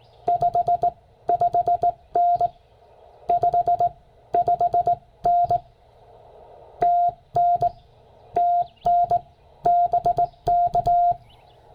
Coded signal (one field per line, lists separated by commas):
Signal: Morse code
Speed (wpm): 18 wpm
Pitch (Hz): 690 Hz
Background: none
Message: 55N 55N TN TN BK